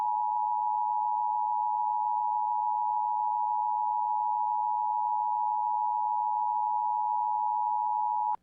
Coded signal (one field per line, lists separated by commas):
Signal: Emergency Alert System (SAME) tones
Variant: 853 and 960 Hz attention tone